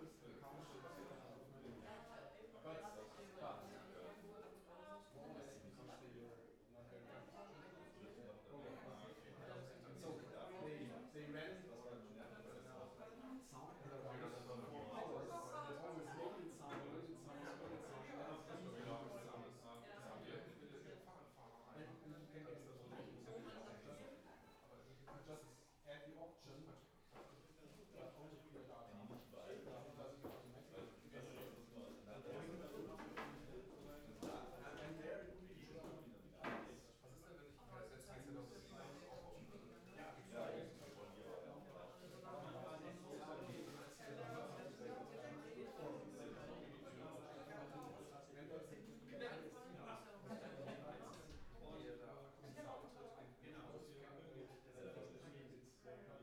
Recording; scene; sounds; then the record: everyday scene through a hearing-aid microphone; many people talking; many voices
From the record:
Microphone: behind the ear, left, front